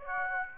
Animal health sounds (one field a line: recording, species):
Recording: mosquito wingbeat signal from an infrared sensor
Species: Aedes aegypti